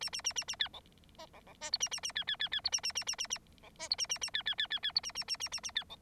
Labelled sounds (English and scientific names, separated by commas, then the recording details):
Bengalese Finch (Lonchura striata domestica) song
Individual Bird9